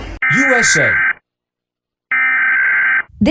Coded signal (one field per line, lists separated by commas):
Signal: Emergency Alert System (SAME) tones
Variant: header bursts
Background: speech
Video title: Rating EAS Alarms From Different Countries type video be like 🚨